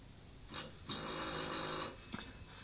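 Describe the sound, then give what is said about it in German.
An electric doorbell rings in one long, rattling peal lasting well over a second, followed by a brief second burst, loud and metallic with no voices. “Na, zuerst könntest du mal die Tür aufmachen.”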